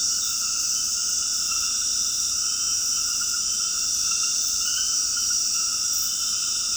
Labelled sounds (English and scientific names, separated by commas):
none